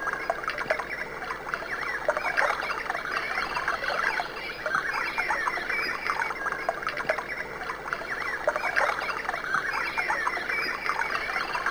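Birds calling en masse, a continuous tangle of short chirps and twitters with brief louder bursts, over a faint constant hiss.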